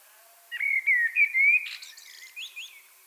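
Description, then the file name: Common blackbird song: a series of smooth whistled notes ending in a long clear note, followed by a fast, high, scratchy twitter. "Turdus merula"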